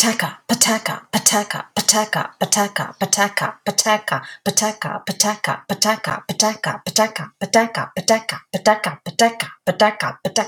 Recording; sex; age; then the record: repeated syllables /pa ta ka/; female; 30 to 39 years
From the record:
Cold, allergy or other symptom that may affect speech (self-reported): no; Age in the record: 39 years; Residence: New Jersey, United States